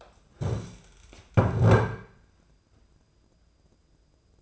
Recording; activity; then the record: daily activity, microphone in the room; stand up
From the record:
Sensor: 2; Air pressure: 995.8 hPa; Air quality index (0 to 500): 241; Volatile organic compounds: 1000 ppm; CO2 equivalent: 5924 ppm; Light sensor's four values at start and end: 27/65/28/31 and 26/62/27/30